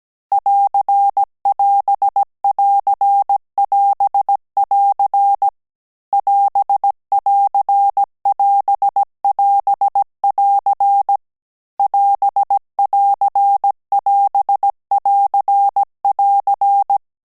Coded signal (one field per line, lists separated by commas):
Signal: Morse code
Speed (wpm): 17 wpm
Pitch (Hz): 800 Hz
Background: none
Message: <AR><AS><AR><AS><AR> <AS><AR><AS><AS><AR> <AS><AR><AS><AR><AR>